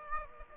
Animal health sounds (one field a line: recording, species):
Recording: mosquito wingbeat signal from an infrared sensor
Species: Aedes aegypti